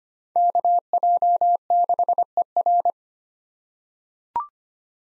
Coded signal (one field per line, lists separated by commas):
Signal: Morse code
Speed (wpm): 25 wpm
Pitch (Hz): 700 Hz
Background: none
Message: KJ6ER